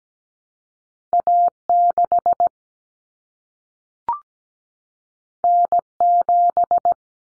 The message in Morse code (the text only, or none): A6 N7